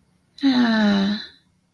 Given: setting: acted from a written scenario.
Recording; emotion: vocal sound without words; serenity